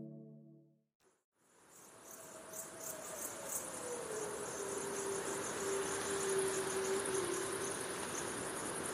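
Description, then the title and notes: Wolf howling: after a brief cut, a single drawn-out note eases downward and sustains for several seconds, with steady pulsing crickets after the cut. Distant pack of wolves howling at night on the prairie under moonlight. "Wolves Howling in the Night. A distant pack of wolves call in the peace and serenity of the prairie under the light of the moon"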